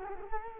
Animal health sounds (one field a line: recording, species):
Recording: mosquito wingbeat signal from an infrared sensor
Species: Culex quinquefasciatus